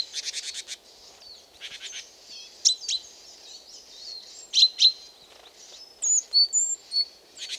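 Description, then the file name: Great tit with rapid rattling churrs and clipped notes, and thin high whistles later. "Parus major"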